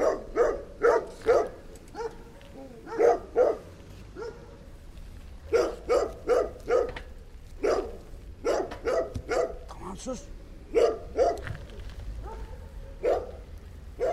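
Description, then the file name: Dog barking in short clustered bursts of two to four sharp barks, pausing briefly between volleys, with a low rumble underneath. Dog attack. "kopek saldirisi"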